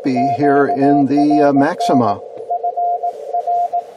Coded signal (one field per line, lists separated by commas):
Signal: Morse code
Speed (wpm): 19 wpm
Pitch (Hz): 700 Hz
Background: speech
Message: QRN FR